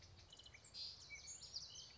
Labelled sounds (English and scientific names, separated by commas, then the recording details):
Common Yellowthroat (Geothlypis trichas)
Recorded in Sonoma County, California